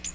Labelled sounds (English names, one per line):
Magnolia Warbler flight call